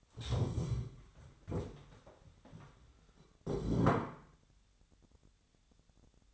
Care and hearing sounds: daily activity, microphone in the room; stand up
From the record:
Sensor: 3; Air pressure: 1015.2 hPa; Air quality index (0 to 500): 177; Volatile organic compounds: 16 ppm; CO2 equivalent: 2544 ppm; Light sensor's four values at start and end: 14/37/15/16 and 14/36/14/15

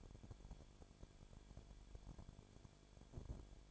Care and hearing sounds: daily activity, microphone in the room; no activity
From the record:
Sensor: 5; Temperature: 19.8 degrees Celsius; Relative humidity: 33.3%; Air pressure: 1001.4 hPa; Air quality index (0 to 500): 31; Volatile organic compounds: 1 ppm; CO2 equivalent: 523 ppm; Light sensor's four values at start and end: 2/3/1/1 and 2/3/1/1

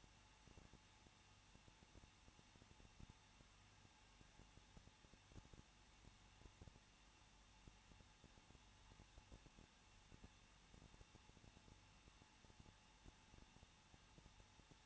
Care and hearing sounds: daily activity, microphone in the room; no activity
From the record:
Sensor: 1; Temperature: 20.1 degrees Celsius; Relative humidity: 39.2%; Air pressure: 1006.3 hPa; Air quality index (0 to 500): 217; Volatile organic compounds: 77 ppm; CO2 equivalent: 3579 ppm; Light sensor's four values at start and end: 1/2/1/1 and 1/2/1/1

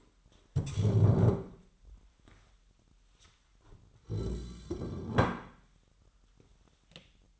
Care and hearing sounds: daily activity, microphone in the room; stand up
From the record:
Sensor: 3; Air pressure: 998.5 hPa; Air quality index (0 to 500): 126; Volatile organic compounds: 3 ppm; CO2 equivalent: 1510 ppm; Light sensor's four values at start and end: 8/19/8/8 and 11/22/10/12

